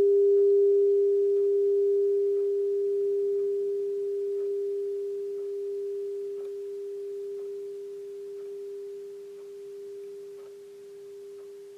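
A crystal bowl rings out one pure, steady tone in the lower middle range, sustained for the whole twelve seconds while slowly fading in volume. Faint light ticks and soft clicks appear now and then beneath the ringing note.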